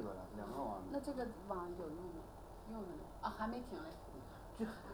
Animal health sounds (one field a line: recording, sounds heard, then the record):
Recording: poultry house recording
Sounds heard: no chicken sound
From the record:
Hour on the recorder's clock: 9